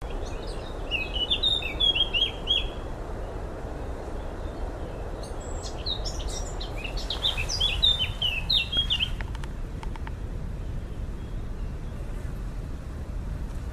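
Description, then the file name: Eurasian blackcap: songbird warbling in two short bursts of quick chattering and whistled notes, separated by a long pause, against steady low-pitched background noise. "Sylvia atricapilla"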